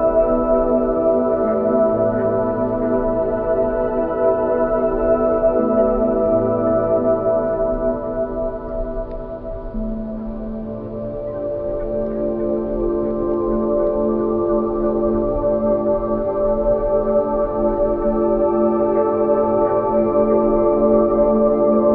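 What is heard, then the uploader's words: Binaural beats play as a steady drone of layered sustained tones, mostly low and mid pitched with nothing above a few thousand cycles. A deep low note shifts pitch every few seconds in a slow repeating pattern, while the level stays even, dipping slightly around ten seconds. Binaural beats.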